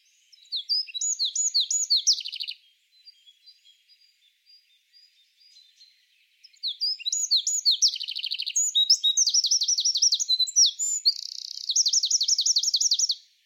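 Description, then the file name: Eurasian wren singing two fast, high-pitched bursts of tumbling notes and trills, separated by a few seconds of soft quiet notes, the second burst ending in a rapid rattle. "Troglodytes troglodytes"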